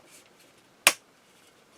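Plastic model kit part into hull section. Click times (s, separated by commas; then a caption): 0.9 s. A plastic part of an Enterprise-D model kit is pressed into its mating hull section after a cable has been fed through it. It snaps in with a single sharp, bright click at 0.9 s that fades within a fraction of a second, followed by only a faint tick near 1.8 s. The part is seated, fitting right in as if made for it.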